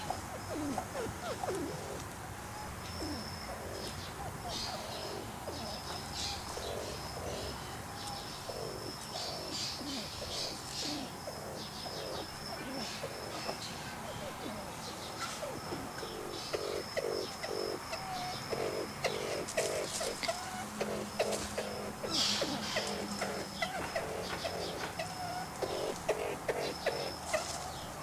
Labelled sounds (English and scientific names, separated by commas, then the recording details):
Edwards's Pheasant (Lophura edwardsi) call
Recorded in captivity
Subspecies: hatinhensis
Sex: male
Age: adult
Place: Zoo Halle, Sachsen-Anhalt, DE
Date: 2003-10-16 16:13
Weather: fair, ca. 5-6°C
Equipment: Fair Mate ST-1328 (Asahi Electronics, Japan), Sennheiser ME 80, Kopie Uher 4000 Report Monitor
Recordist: Tembrock, Günter